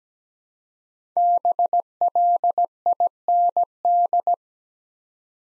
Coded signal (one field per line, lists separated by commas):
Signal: Morse code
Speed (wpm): 17 wpm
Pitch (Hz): 700 Hz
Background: none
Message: BLIND